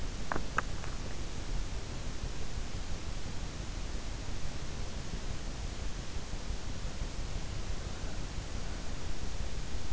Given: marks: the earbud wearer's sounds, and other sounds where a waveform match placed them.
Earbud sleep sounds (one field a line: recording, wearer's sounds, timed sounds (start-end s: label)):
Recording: sounds in sleep by an in-ear microphone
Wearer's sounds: teeth grinding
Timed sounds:
0.00-1.00 s: teeth grinding